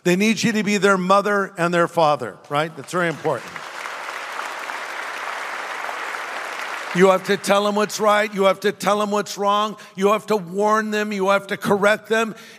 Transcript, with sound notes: They need you to be their mother and their father, right? That's very important. [Applause] You have to tell them what's right, you have to tell them what's wrong, you have to warn them, you have to correct them.